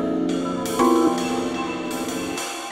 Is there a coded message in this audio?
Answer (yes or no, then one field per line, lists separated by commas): no